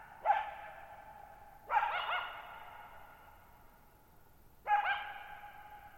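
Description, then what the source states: Coyote giving three harmonic barks at irregular intervals, each with a long reverberant tail over faint background. Lone wild coyote calling at night, July 14, 2019, Thirtymile Meadows, Okanogan National Forest high country, Pacific Northwest, 1950 m, dry plateau meadow bowl with boggy ground, long natural reverberation.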